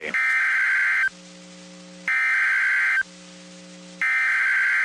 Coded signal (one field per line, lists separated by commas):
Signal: Emergency Alert System (SAME) tones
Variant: header bursts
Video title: Flash Flood Warning (EAS 2420) 10/27/23